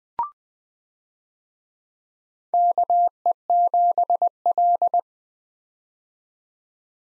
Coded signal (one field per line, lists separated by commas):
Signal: Morse code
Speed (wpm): 20 wpm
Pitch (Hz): 700 Hz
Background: none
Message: KE7L